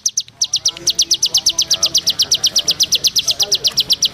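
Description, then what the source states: Bar-winged prinia giving a rapid, steady series of crisp, clipped high notes after a brief opening stutter, with faint background noise. Described as a champion (juara) singing bird.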